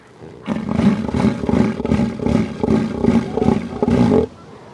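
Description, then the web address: Southern elephant seal roar, a deep rhythmic pulsed bellow of rapid throbbing beats sustained for nearly four seconds, then stopping abruptly. "earth naturelibrary assets s so southern elephant seal"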